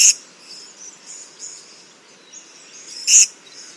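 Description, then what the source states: Purple-crowned Lorikeet calls: two sharp, high-pitched screeches at the start and near the end, with faint high chatter in between. Call described as less metallic than the Little Lorikeet's; recorded in the Stirling Range, Western Australia, on Menang and Goreng country.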